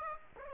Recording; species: mosquito wingbeat signal from an infrared sensor; Aedes aegypti